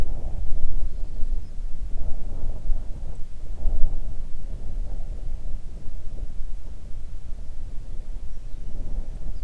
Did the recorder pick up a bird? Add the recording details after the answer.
yes. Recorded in the Arctic National Wildlife Refuge, Alaska, on 3 June 2019 at 04:52. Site 37